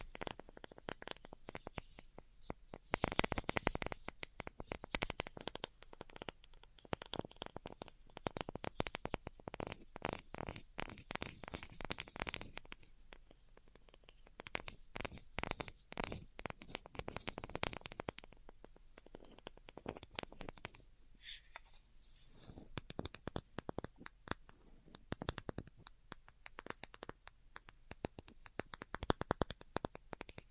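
Delicate tapping in quick, dense bursts of crisp clicks, with brief quieter pauses near 13, 19 and 22 seconds before resuming.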